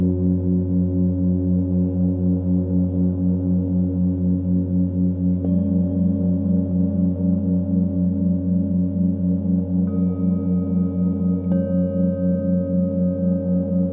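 Singing bowls hum in a low, steady drone with a fast regular pulsing beat, as new bright ringing tones strike in near 5, 10 and 12 seconds.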